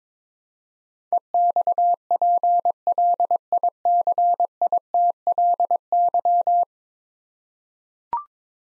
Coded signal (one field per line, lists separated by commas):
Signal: Morse code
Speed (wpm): 22 wpm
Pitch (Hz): 700 Hz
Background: none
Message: EXPLICITLY